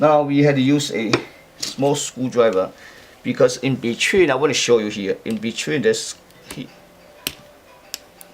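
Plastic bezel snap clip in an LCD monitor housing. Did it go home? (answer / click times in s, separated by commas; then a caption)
released / 7.3 s. Someone talks while a small screwdriver is pushed into the gap at a plastic snap key on the bezel of an Elo ET1527L LCD monitor housing to separate the plastic halves. After the talking stops, a sharp click at 7.3 s marks the bezel snap clip letting go, followed by two fainter ticks at 7.9 s and 8.2 s.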